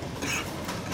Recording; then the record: coughing mixed with background sound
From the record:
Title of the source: 64 coughing, allergies, singing lungs